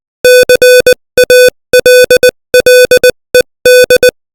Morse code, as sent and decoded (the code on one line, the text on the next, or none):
-.-. .- .-.. .-.. . -..
CALLED